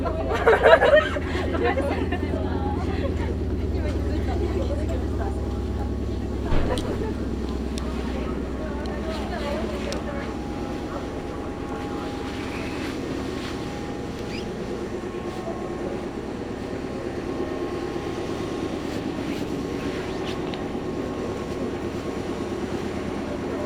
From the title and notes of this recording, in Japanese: 名古屋鉄道 三河線（海線）碧南→知立。通学ラッシュになってました。